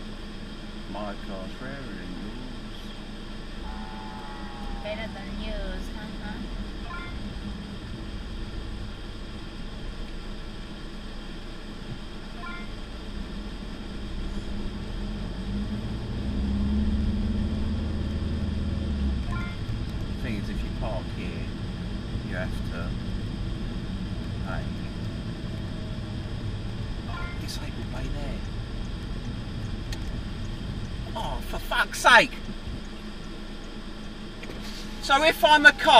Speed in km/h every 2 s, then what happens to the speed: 0, 0, 2, 8, 5, 0, 0, 13, 21, 21, 23, 24, 21, 16, 15, 6, 0, 0.
0-4 standing. 4-7 pulls away to 8. 7-10 slows to 0. 10-12 standing. 12-21 pulls away to 24. 21-31 slows to 0. 31-36 standing.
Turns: none.